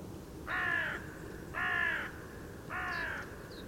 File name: Corvus corone